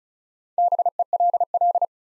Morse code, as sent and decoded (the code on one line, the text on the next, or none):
-... . .-.. .-..
BELL